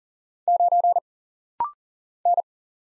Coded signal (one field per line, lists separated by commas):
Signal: Morse code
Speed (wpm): 40 wpm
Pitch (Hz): 700 Hz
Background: none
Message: 9 N